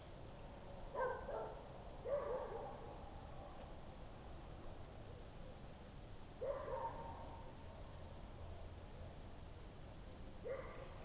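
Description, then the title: Crickets form a dense, even, high trilling chorus, while fainter lower warbling calls come and go several times behind it. Night crickets heard through a window in Goworów, Poland, late evening of 18 July 2022, World Listening Day; recorded with Zoom F4 and AT BP4025. "Goworów 6, 57-515, Poland - World Listening Day/Night 18/07/2022-night crickets"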